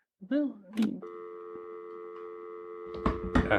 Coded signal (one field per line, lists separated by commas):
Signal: telephone call progress tone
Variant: North America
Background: speech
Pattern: dial tone